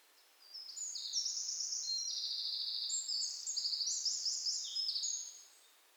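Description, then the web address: Eurasian wren with a vigorous, high-pitched song of quick trills and chips lasting about five seconds, over light background hiss. "SETE Troglodytes troglodytes"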